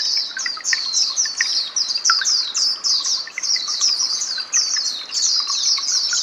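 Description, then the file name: White-eye twittering: rapid, high-pitched sweeping chips run together in an unbroken stream, with a few softer, lower notes underneath. "mata puteh"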